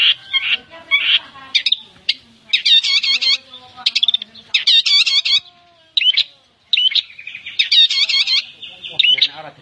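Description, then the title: Long-tailed shrike song, a varied run of harsh chatters, squeaky whistles and rapid trills in short bursts, each burst separated by brief pauses. Song style called kombinasi (combination). "Cendet Kombinasi"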